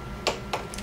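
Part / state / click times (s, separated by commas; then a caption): torque wrench on outboard motor bolts / torque reached / 0.3 s. A torque wrench set to 230 tightens already-snugged bolts on a 1988 Evinrude 55 HP Commercial outboard motor, working outward from the center in a spreading pattern. A sharp click is heard at 0.3 s as the wrench reaches its setting, followed by softer ticks at about 0.5 s and 0.7 s. The bolt is tightened to the set torque.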